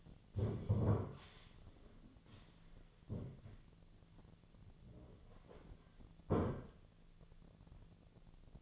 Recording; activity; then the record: daily activity, microphone in the room; stand up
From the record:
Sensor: 4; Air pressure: 1008.9 hPa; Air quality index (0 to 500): 171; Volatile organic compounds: 5 ppm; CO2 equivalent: 1715 ppm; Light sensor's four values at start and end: 23/73/28/27 and 23/73/28/26